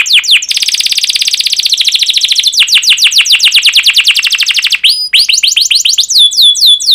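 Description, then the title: Canary song: a dense buzzy trill followed by sweeping downslurred notes repeated rapidly, ending in clear high whistled slurs. Fast, dense canary song used as a lure to prompt young canaries to learn to sing. "Kenari Gacor Speed RAPAT Cuit Cuit Ngero L Suara Bagus Untuk Pancingan Kenari Paud Belajar Bunyi"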